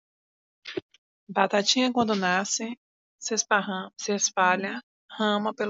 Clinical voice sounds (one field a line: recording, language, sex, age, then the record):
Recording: short text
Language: Brazilian Portuguese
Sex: female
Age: 40 to 49 years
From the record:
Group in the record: control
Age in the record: 42 years